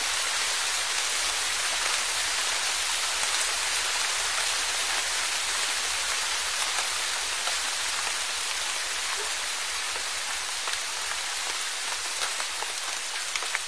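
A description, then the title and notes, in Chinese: Faint rain, now clearer, now fading, falls in a steady dense hiss of fine patter across the whole clip. Tiny drop ticks flicker through it irregularly, with no pauses and no other sounds, the level staying nearly even throughout. 大自然声音助眠：轻柔细雨。若隐若现的雨声。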